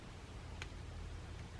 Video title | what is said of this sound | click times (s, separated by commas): Vlogmas Day 2! Making Jewelry and Black Agate Properties! | i kind of wiggle while i'm pushing it together do you hear it click | 0.6 s